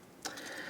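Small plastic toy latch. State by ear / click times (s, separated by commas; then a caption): seated / 0.3 s. The front section of a plastic transforming toy car, already swung down and rotated back, is pressed down with a thumb into its locked position on the body because it doesn't lock in by itself. Over a low background hiss, a short, bright click sounds at 0.3 s, followed by a faint ringing tone. The section is now locked in place.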